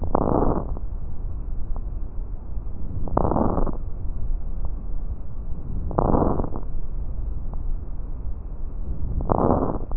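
Adult chest heard through a stethoscope: medium crackles (rales), in short bursts of crackling noise that recur about every three seconds with the breaths, over low, steady background noise.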